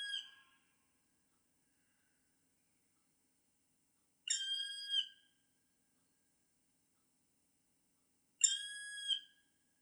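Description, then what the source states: Black Woodpecker calling with long, clear notes, three calls separated by silent gaps of about three and a half seconds. Example call for recognising the woodpecker by its voice.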